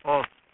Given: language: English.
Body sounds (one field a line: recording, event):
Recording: throat vibration sensor signal played as sound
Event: speech